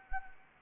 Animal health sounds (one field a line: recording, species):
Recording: mosquito wingbeat signal from an infrared sensor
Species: Anopheles gambiae